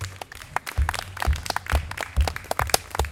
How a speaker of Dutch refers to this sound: Dank u wel, dames en heren, een applaus.